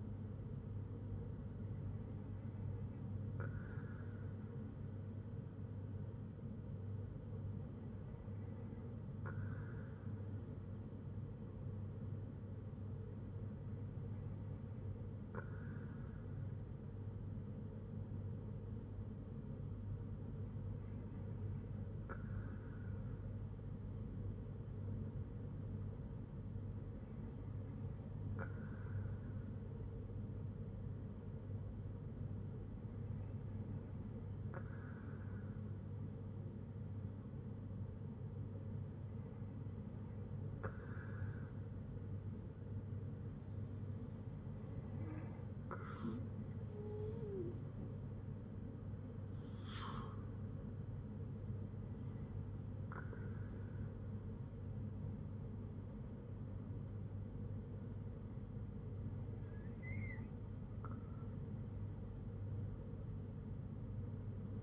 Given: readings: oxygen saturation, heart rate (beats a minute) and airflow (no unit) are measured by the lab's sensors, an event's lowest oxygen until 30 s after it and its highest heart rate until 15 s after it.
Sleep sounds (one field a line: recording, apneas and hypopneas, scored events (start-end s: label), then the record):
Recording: breathing in sleep by a smartphone at the bedside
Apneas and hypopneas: none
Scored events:
51.00-64.63 s: new sleep stage, N1 (lightest sleep)
From the record:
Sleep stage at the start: N2 (light sleep)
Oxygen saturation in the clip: 94 to 95%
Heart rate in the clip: 57 to 81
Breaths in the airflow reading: 10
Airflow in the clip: -4.9 to 4.5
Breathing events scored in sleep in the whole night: 182 in 7.4 hours asleep